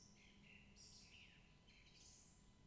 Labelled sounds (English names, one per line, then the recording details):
Song Thrush
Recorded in Germany
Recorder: ecoPi